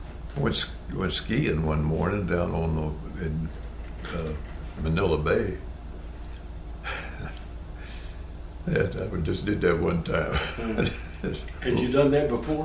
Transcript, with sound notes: we went s…we went skiing one morning down on the, in…Manila Bay [Chuckling] that, we just did that one time [Laughing]
Had you done that before?